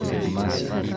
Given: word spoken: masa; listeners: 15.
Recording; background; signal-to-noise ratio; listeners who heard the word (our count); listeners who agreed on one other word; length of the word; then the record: one Spanish word in noise, from a listening test; eight-talker babble; -2.6 dB; 2 of 15; 7 of 15; 0.57 s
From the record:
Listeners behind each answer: 7, 2, 1, 1, 1, 1, 1, 1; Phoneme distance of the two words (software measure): 7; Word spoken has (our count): 2 syllables, 4 phonemes, stress on syllable 1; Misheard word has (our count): 1 syllable, 3 phonemes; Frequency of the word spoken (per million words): 57.80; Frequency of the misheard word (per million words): 55.96